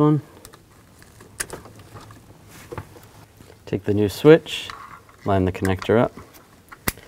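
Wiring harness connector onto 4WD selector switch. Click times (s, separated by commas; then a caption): 6.9 s. A wiring harness connector is lined up and pushed onto a new 4WD selector switch for a 2007 Chevy Silverado 1500 Classic while someone talks, with a few faint taps and handling noises along the way. A sharp, loud click at 6.9 s marks the connector locking onto the switch, seated in place.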